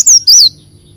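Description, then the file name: Leafbird calls: two high, slurred whistles in quick succession, the second rising and then falling, followed by quiet. "Tieng chim xanh tim"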